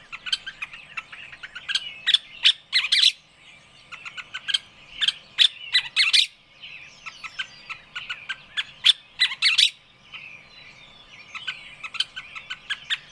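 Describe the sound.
Birds singing in loud, rapid bursts of high, sharp chirps separated by short pauses, with softer twittering running underneath throughout.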